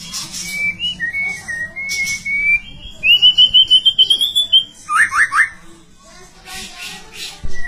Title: murai batu